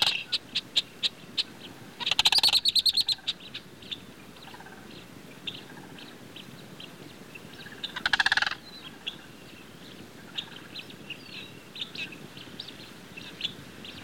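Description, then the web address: Sandhill crane giving two short, rolling pulsed rattles, the first longer, amid continuous chattering and twittering of blackbirds and swallows. Blackbirds and swallows calling in the background. "sandhill crane calls black birds and swallow in bg"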